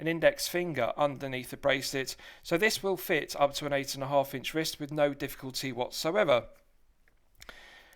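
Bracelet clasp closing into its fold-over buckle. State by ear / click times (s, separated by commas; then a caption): seated / 7.4 s, 7.5 s. Someone talks for about six and a half seconds about how the unsized steel bracelet of a Christopher Ward C63 Sealander Automatic watch fits an eight-inch wrist with room for an index finger underneath. After a short quiet, the bracelet's two-button push clasp snaps shut into its fold-over buckle on the wrist with two crisp clicks at 7.4 and 7.5 seconds. The clasp is seated with a positive, secure action so it won't come undone accidentally.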